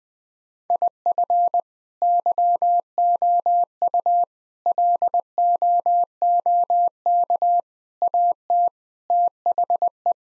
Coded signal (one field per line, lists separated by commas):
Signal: Morse code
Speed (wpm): 21 wpm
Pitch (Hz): 700 Hz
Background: none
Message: IF YOU LOOK AT THE